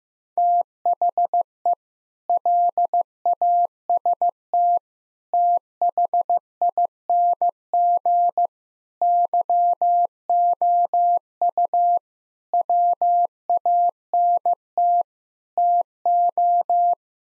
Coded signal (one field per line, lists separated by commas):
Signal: Morse code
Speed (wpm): 15 wpm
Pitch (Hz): 700 Hz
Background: none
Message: THE LAST THING YOU WANT TO